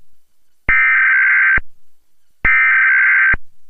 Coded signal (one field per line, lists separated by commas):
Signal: Emergency Alert System (SAME) tones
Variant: header bursts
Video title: EAS Mock: Another Michigan EAS Test (Requested)